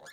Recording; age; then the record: pig call; piglet (1 to 25 days)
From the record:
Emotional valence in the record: negative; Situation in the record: long isolation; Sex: female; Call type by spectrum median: low-frequency call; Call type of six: mixed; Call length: 0.12 s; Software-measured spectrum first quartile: 1184 Hz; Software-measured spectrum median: 2068 Hz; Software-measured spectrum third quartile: 5592 Hz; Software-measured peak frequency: 1701 Hz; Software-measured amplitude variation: 70 dB a second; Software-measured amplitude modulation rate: 20.4 a second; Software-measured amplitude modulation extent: 3.5 dB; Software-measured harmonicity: 3.8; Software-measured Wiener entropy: -3.14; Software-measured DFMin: 1180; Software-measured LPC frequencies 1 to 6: 655, 1682, 3456, 4403, 5191, 6160 Hz